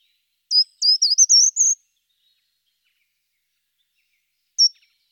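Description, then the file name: Short-toed treecreeper singing one short, high-pitched phrase of rapid thin notes, followed by silence and then a lone sharp note near the end. "Grimpereau des jardins"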